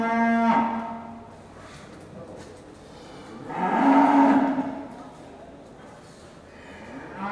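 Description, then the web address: Cattle mooing loudly, a strong harmonic call at the start, a long bellowing moo near four seconds, and another beginning at the end, over busy background noise. Cattle in pens at a market, with lots of animal noise. "Sound Effects-BBC Cattle"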